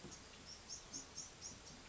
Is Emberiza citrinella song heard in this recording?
no